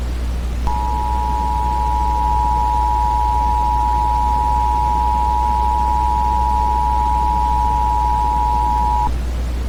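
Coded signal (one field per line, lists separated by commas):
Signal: Emergency Alert System (SAME) tones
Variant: 853 and 960 Hz attention tone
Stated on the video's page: Fictional EAS scenario; alerts are not real emergency broadcasts.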